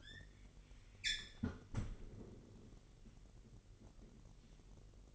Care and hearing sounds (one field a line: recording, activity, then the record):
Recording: daily activity, microphone in the room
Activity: close fridge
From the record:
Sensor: 4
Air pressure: 1002.8 hPa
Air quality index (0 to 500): 239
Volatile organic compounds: 16 ppm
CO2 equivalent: 2559 ppm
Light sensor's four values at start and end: 4/10/4/4 and 5/11/4/5